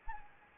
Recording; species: mosquito wingbeat signal from an infrared sensor; Anopheles gambiae